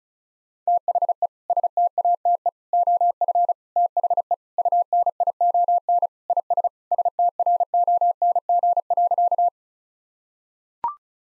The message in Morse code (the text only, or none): THE STATE OF THE UNION IS STRONG.